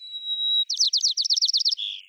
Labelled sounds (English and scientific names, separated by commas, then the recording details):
White-crowned Sparrow (Zonotrichia leucophrys) song
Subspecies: nuttalli
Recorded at Abbotts Lagoon, California, in 2010
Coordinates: 38.122, -122.940
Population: north
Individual al11v_10